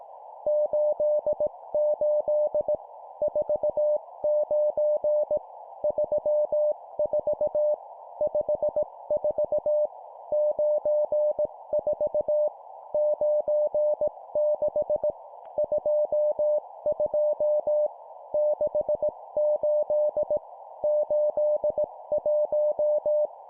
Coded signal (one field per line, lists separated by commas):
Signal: Morse code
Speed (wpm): 18 wpm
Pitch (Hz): 600 Hz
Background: none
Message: 88 49 34 54 94 96 22 68 81